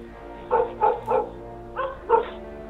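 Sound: dog barking frantically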